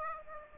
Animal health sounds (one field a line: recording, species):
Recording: mosquito wingbeat signal from an infrared sensor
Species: Aedes aegypti